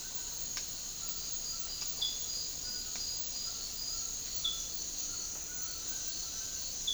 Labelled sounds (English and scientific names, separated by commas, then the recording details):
White-throated Toucan (Ramphastos tucanus)
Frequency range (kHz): White-throated Toucan (Ramphastos tucanus) 0.6-1.8 kHz
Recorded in dense forest near Puerto Asís, Putumayo, Colombia, on 21 February 2024 at 08:00
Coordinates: 0.500, -76.322
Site G6465